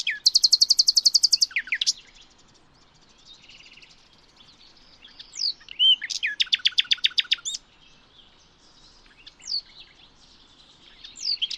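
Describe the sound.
Bird song beginning with a loud, fast high trill, then scattered chirps and a second rapid rattling trill, followed by occasional sharp slurred notes.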